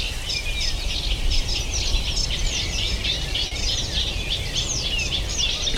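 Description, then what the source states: Eurasian reed warbler song: continuous scratchy, chattering phrases of rapidly repeated notes, with a steady low background rumble throughout. Large reed marsh in the morning, sedge warblers also singing, reed warbler dominant; reed warblers said to sing almost all night at this time of year.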